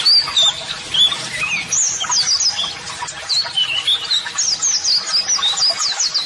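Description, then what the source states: White-eye song with sweet, high slurred whistles and rapid chirps, pulsing in short bursts over a steady twittering background. White-eye (pleci) singing vigorously ('gacor'); song used as a model for training other birds.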